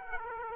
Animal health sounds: mosquito wingbeat signal from an infrared sensor; Aedes aegypti

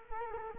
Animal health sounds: mosquito wingbeat signal from an infrared sensor; Culex quinquefasciatus

